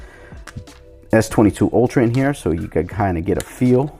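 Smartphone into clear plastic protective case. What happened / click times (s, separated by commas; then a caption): Handled, not yet home: phone being fitted into a plastic case / none. A Samsung Galaxy S22 Ultra smartphone is handled before being slid sideways into a clear plastic Samsung standing cover with a kickstand. Two faint handling taps are heard near 0.5 s and 0.7 s, then someone talks from about 1.1 s onward. Nothing has seated or clicked yet; the clip ends before the phone snaps into the case.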